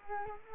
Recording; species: mosquito wingbeat signal from an infrared sensor; Culex quinquefasciatus